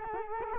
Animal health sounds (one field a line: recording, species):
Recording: mosquito wingbeat signal from an infrared sensor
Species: Culex quinquefasciatus